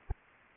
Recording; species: mosquito wingbeat signal from an infrared sensor; Anopheles arabiensis